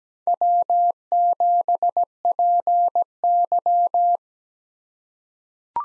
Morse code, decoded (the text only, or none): W7PY